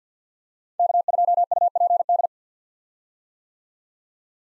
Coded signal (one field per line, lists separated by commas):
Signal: Morse code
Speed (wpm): 50 wpm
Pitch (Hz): 700 Hz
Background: none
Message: K2UPD